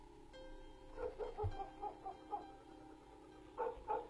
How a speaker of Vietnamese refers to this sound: Có tiếng chó cắn ma nhấm nha nhấm nhẳng ở đâu đó vang lên.